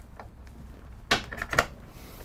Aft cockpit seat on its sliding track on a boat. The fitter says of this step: aft seti that's on track so you basically can just slide it back and it locks into place